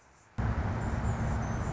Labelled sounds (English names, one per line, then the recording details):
Anna's Hummingbird
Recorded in Sonoma County, California